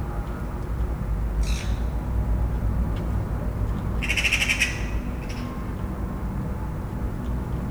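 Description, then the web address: Eurasian magpie giving a harsh, dry rattle, one loud burst between two fainter ones, against a constant low rumble. Magpies chattering in a town. "szarka varosbancsorognek"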